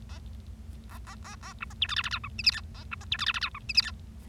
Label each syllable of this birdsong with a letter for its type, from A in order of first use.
A A A A A B C D E F F G H I J K A B C D E F F G H I J K